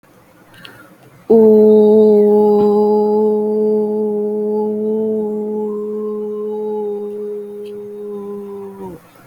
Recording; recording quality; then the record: sustained vowel as in boot; excellent, no background noise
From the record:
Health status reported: healthy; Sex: female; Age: 22 years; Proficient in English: yes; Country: India